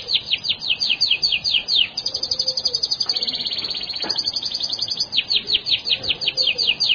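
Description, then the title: Bird song: rapid, high, sweeping chirps repeated in quick runs, shifting into a fast even trill midway, then back to the chirp series. Masteran song-training. "Burung Masteran"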